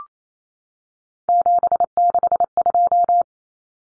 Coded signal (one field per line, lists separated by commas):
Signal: Morse code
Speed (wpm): 28 wpm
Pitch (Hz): 700 Hz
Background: none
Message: 762